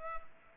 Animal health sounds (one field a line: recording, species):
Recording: mosquito wingbeat signal from an infrared sensor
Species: Culex pipiens